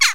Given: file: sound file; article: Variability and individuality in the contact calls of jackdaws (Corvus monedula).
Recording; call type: jackdaw call; harmonic